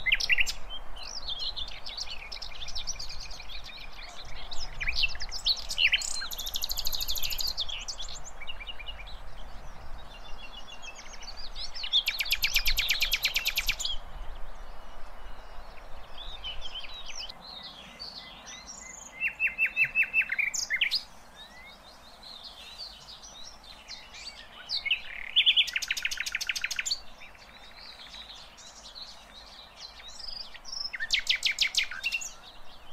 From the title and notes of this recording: Birds Singing In The Forest. The most lovely chirping birds in the forest.